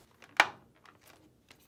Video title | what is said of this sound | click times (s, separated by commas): How to remove a Samsung washing machine control panel part # DC97-16961A | push it until it locks in place next | 0.4 s